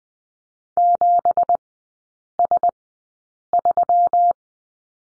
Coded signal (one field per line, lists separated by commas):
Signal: Morse code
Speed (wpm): 20 wpm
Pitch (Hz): 700 Hz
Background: none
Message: 7S3